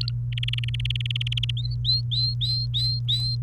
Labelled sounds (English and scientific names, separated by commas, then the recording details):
Domestic Canary (Serinus canaria) song
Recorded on 29 April 2018 at 11:45
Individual llb3